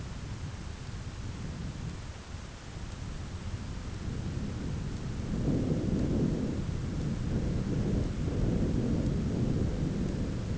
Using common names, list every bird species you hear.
none